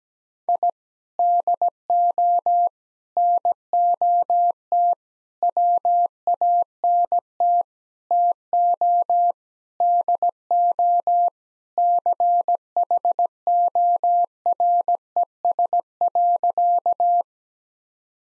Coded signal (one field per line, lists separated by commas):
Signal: Morse code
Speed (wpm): 17 wpm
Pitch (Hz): 700 Hz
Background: none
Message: I DO NOT WANT TO DO CHORES.